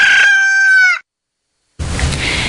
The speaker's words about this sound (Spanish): El despertar del gallo.